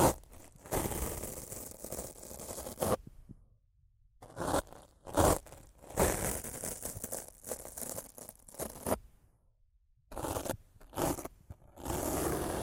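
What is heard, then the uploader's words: Rough scratching and brushing on a microphone, loud and coarse, in dense stretches at the start and end. In the middle, shorter bursts and single sharp strokes come in quick succession, separated by two clear silent gaps of about a second each. ASMR Rough Mic Scratching & Brushing (No Talking).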